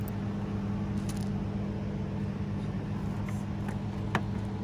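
On a 2015 Jeep Wrangler, an LED tail light assembly (plastic housing or its connector) is pushed back into the Jeep body mount on a second try, over a steady low hum with a few faint ticks. A sharp click at 4.2 s shows the tail light assembly has seated in place.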